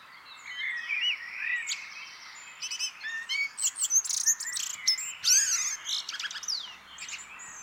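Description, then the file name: Eurasian blackbird song, fluty warbles mixed with dense high twittering and chirps. "Turdus merula"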